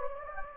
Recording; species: mosquito wingbeat signal from an infrared sensor; Anopheles gambiae